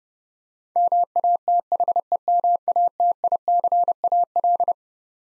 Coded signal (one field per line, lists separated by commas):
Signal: Morse code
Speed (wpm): 32 wpm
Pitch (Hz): 700 Hz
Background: none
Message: MATHEMATICAL